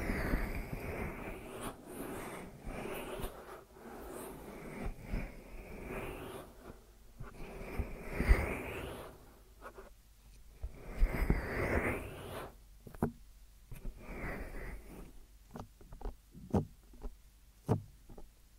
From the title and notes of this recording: ASMR Deep Ear Massage for Sleep(No Talking).